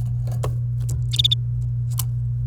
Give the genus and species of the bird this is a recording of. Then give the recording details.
Serinus canaria. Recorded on 28 April 2018 at 08:25. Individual llb3